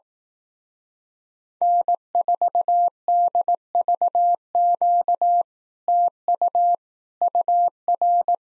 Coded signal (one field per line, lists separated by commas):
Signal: Morse code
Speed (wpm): 18 wpm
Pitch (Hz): 700 Hz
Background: none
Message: N4DVQ TU UR